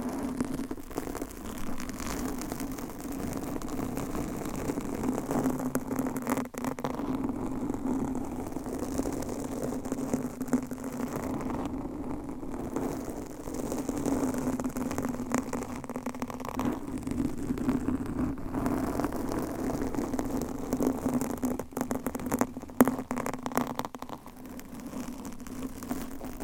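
Fingernails scratch steadily across a microphone cover, making a dense, continuous rasping with a low droning hum running underneath. The scraping barely lets up, with only brief gaps around 6, 12, 16 and 23 seconds, and a sharper scratch near 23 seconds.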